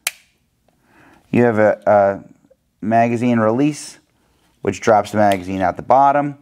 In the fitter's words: so a magazine slides in and clicks into place you